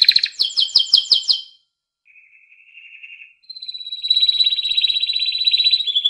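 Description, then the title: Atlantic canary song: rapid bright chirped trill, a short pause with a soft low warble, then a long even rolling trill carried without a break. Champion canary, first place in a singing competition, described as 'gacor', singing constantly and vigorously. "Suara Kenari Gacor Suara Kicau Burung Kenari Gacor Juara 1 Tingkat N"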